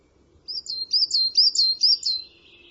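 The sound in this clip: Bird giving a quick series of about six high, sharp chirps, each with a slurred rising-and-falling twist, against a quiet background.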